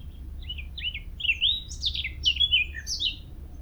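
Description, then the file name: Eurasian blackcap song: a fast, varied warble of scratchy and fluty notes sweeping up and down, with a steady low rumble underneath. "Sylvia atricapilla"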